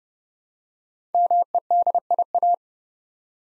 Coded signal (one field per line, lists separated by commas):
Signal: Morse code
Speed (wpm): 29 wpm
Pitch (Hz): 700 Hz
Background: none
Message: MEDIA